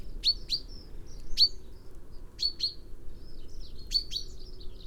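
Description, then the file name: Common Chaffinch giving paired sharp high chip notes with soft twittering between, over a low background rumble. "Fringilla coelebs"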